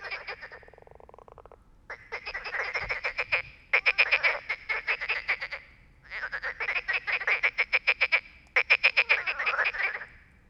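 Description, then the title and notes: Frog chorus of rapid, rattling croaks in long bursts of a few seconds each, with short pauses between them. Many frogs calling all night at a small pond by the Loire near Bréhémont, France; ignored recordist's attempts to make them answer; call when distant freight trains pass; Oktava MK012 ORTF, MixPre, Zoom H4n. "37130 Bréhémont, France - Trying to communicate with Frogs. Nous avions établis le camp à coté d'un étang peuplé de grenouilles qui se sont mise à chanter toute la nuit. Elles se mettent cependant à chanter lorsqu'un train de marchandises passe au loin. A little pond next to the river Loire"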